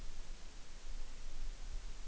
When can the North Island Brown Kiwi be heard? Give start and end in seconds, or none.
none